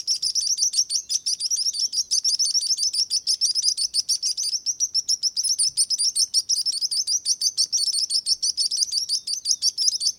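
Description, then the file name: Sparrow song of rapid, sharp chirps, each note quickly following the last. "Sparrow singing sound"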